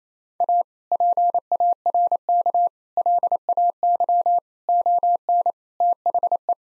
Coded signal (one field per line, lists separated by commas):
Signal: Morse code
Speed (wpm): 27 wpm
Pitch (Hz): 700 Hz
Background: none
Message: A PARK LAY ON THE